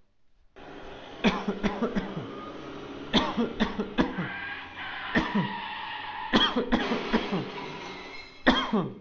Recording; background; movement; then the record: voluntary coughing; traffic; sitting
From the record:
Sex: male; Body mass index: 20.5 kg/m2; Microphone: on the chest, facing outward